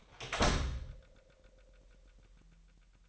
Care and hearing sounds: daily activity, microphone in the room; close door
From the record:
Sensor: 3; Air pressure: 998.4 hPa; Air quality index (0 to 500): 138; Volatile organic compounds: 4 ppm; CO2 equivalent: 1650 ppm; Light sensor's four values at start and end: 17/48/19/18 and 17/48/19/18

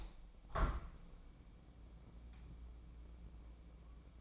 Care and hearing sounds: daily activity, microphone in the room; open window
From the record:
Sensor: 1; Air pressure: 1012.4 hPa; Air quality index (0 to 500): 167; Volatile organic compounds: 3 ppm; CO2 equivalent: 1362 ppm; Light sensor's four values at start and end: 150/337/149/158 and 142/320/141/150

